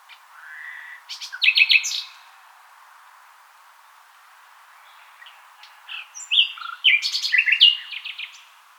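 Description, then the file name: Common nightingale song: a soft rising note, a loud short rattling burst, a long quiet gap, then a complex run of rich, varied notes. "Luscinia megarhynchos"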